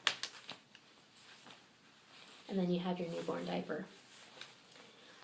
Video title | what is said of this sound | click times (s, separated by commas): Lil Helper Cloth Diapers AI2 Comparison With Best Bottoms & Imagine | this will snap right in and | 0.1 s